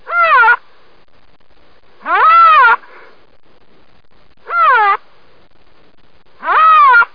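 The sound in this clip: Rhinoceros giving four tonal, mewing squeals, each rising then dipping, spaced about two seconds apart with a steady background hiss between.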